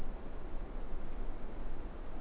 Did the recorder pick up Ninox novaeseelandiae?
no